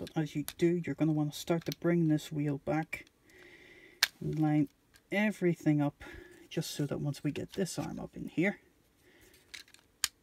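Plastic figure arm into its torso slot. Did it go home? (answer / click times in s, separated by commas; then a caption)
yes / 10.0 s. While someone talks, the wheel of a plastic Transformers: The Last Knight Voyager class Hound figure is brought back and lined up during transformation, then the arm is pushed up into its torso slot. A sharp plastic snap at 10.0 s marks the arm locking into place.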